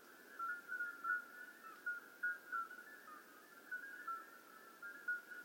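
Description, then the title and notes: Common midwife toad chorus of soft flute-like toots, clear notes popping out at irregular intervals over a continuous bed of similar calls. Hundreds of common midwife toads calling simultaneously at slightly different pitches in an old disused quarry, outskirts of Lerouville, just after midnight; calling begins at dusk and continues through the night. "Outskirts of Lerouville. Common Midwife Toads. Recorded by Colin Hunter. Music for Sleep project"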